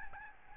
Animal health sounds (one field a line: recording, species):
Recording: mosquito wingbeat signal from an infrared sensor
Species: Aedes albopictus